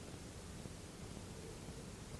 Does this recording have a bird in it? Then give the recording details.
no. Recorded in France